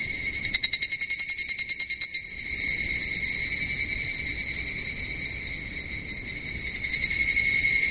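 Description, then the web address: Evening cicada call beginning with a short series of sharp repeated pulses before settling into a steady, shrill, shimmering drone. "sikioto insect higurashi"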